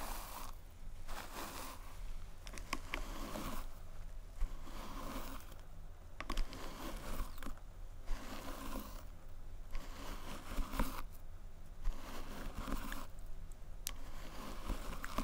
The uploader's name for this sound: Head Massage & Hair Brushing